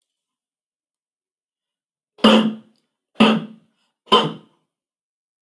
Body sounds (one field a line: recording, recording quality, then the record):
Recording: shallow voluntary cough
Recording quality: excellent, no background noise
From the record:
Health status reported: healthy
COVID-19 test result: negative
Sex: male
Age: 47 years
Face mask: not worn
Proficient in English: yes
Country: India